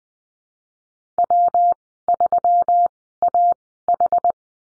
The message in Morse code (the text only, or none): W3AH